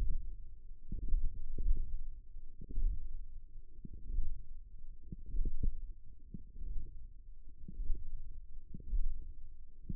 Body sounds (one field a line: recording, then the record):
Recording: forearm muscle sounds (acoustic myography)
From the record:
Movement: hand closing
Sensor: system 1, eight BSWA MPA416 microphones around the upper forearm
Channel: 8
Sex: female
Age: 20 years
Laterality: right